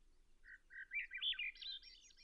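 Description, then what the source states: Swainson's thrush song: a series of flute-like notes spiraling upward in pitch, ending in high, tangled phrases. Common sound of early summer in the boreal forest; perched atop a spruce; Koyukon name Kozak; elders say it sings words meaning roughly 'it's a fine evening'.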